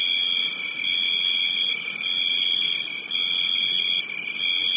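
Crickets calling in a steady shrill chorus, with a louder tone breaking into pulses roughly every second over the background trilling.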